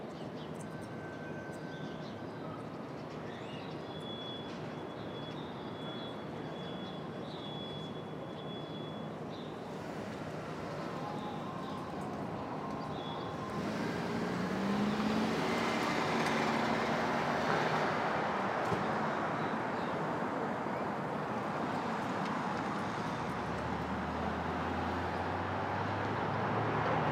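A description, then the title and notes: Street traffic at dawn in Brooklyn, a steady dense rumble of passing vehicles. Around the fourteen-second mark it swells louder as heavier traffic goes by, with a low engine drone entering near the end and faint tonal whines earlier. Brooklyn Dawn, 4 - 17 - 20, Street Traffic II.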